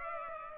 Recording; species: mosquito wingbeat signal from an infrared sensor; Culex pipiens